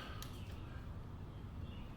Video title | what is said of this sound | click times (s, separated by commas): First Oil Change For My KLR 650 | Click. Alright. | 0.2 s